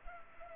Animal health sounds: mosquito wingbeat signal from an infrared sensor; Culex pipiens

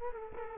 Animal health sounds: mosquito wingbeat signal from an infrared sensor; Culex quinquefasciatus

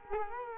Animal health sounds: mosquito wingbeat signal from an infrared sensor; Culex quinquefasciatus

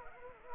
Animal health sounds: mosquito wingbeat signal from an infrared sensor; Anopheles gambiae

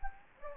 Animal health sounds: mosquito wingbeat signal from an infrared sensor; Anopheles gambiae

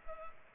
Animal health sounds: mosquito wingbeat signal from an infrared sensor; Culex pipiens

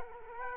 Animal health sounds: mosquito wingbeat signal from an infrared sensor; Culex quinquefasciatus

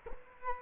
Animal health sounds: mosquito wingbeat signal from an infrared sensor; Culex quinquefasciatus

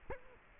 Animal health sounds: mosquito wingbeat signal from an infrared sensor; Culex quinquefasciatus

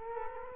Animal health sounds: mosquito wingbeat signal from an infrared sensor; Culex quinquefasciatus

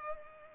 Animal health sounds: mosquito wingbeat signal from an infrared sensor; Culex pipiens

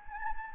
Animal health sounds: mosquito wingbeat signal from an infrared sensor; Anopheles gambiae

